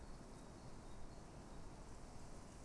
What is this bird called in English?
Great Tit